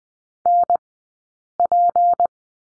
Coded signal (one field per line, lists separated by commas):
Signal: Morse code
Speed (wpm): 20 wpm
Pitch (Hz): 700 Hz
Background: none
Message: NP